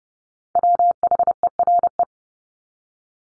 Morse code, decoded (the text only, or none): WHERE